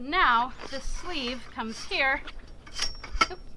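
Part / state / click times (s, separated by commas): tent spring bar end into pole sleeve / seated / 3.2 s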